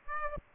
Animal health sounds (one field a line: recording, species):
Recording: mosquito wingbeat signal from an infrared sensor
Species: Aedes aegypti